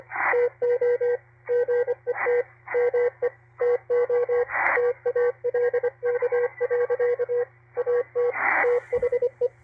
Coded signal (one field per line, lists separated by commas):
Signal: Morse code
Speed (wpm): 24 wpm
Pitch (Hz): 490 Hz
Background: radio noise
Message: TO GET ME TO TALK. AT THE